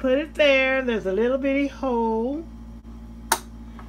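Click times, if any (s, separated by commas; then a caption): 3.3 s. Someone talks while a bobbin case (bobbin holder) is pushed into its slot on a Brother LS2400 sewing machine. A sharp, bright snap rings out at 3.3 s as the case seats firmly in place, followed by a faint tick and quiet background.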